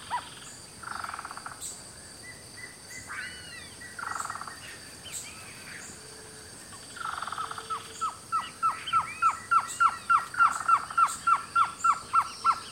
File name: canto do surucua variado